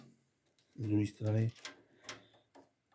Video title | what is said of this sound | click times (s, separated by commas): Konektory základní desky na pc 🖥️ Co kam zapojit❓ | ルーターにカチッと差し込むと、 | 2.1 s